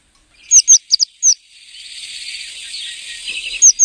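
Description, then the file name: Eurasian blue tit calls: a few high thin downslurred notes, then a soft buzzy churr, ending with two more high notes. "Blaumeise"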